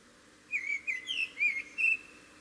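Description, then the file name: Common blackbird calls: a few quick, slurred whistled notes in a row over faint steady background hiss. "Turdus merula"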